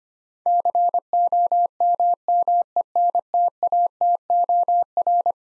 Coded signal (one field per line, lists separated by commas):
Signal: Morse code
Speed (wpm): 25 wpm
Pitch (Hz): 700 Hz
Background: none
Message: COMMENTATOR